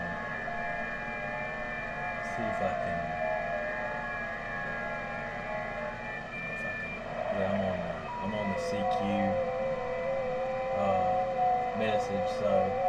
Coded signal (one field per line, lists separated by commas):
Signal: FT8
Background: speech